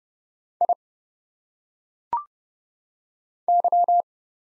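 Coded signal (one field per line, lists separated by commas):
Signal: Morse code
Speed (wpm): 31 wpm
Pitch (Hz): 700 Hz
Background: none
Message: I Y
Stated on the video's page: Morse practice of single letters at 30 wpm, each sent, spoken with phonetic pronunciation, then sent again.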